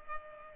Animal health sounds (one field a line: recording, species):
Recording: mosquito wingbeat signal from an infrared sensor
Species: Culex pipiens